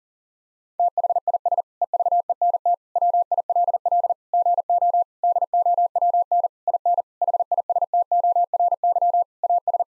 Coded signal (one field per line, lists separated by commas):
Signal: Morse code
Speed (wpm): 37 wpm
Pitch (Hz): 700 Hz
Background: none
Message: THIS EVENT WILL GO DOWN IN HISTORY AS